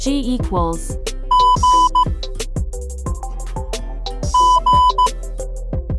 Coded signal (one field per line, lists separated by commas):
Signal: Morse code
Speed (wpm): 15 wpm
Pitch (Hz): 1000 Hz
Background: music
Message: E G G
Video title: Morse Code ( Phonetic Alphabet)